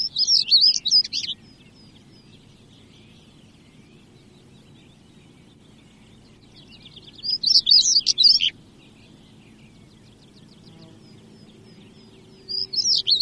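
European stonechat repeating short, squeaky, scratchy warbled phrases several seconds apart, three in all, the last cut off at the end.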